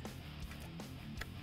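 The PCV hose's quick-connect fitting is handled at the larger PCV fitting on the engine of a 2015–2017 Mustang GT during a Steeda ProFlow cold air intake kit installation done without a tune. Guitar music plays throughout, with brief handling noises at about 0.1 s and a sharper one at 1.2 s. Nothing has seated or clicked yet.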